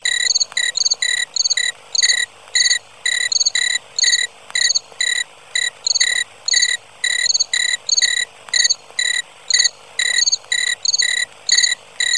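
Cricket giving clear, ringing pulsed chirps, repeated steadily throughout.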